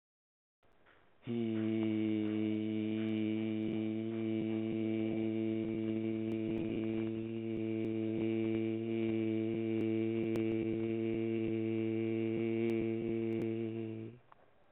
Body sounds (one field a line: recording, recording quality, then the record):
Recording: sustained vowel as in beet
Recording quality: excellent, no background noise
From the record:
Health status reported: healthy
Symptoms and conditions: none ticked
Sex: male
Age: 32 years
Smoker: not ticked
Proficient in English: yes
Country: India